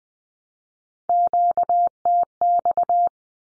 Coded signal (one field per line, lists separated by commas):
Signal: Morse code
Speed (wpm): 20 wpm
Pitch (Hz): 700 Hz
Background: none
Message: QTX